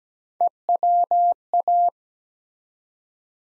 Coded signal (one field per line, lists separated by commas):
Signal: Morse code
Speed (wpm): 17 wpm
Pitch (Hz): 700 Hz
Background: none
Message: EWA